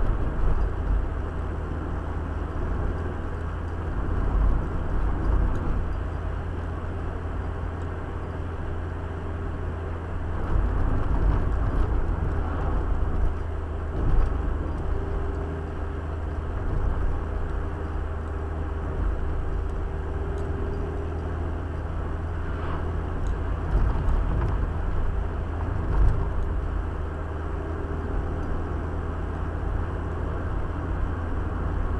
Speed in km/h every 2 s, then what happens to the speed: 75, 78, 79, 79, 80, 78, 74, 74, 72, 74, 74, 77, 77, 74, 75, 79.
0-7 steady at about 78. 14-32 steady at about 74.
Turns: none.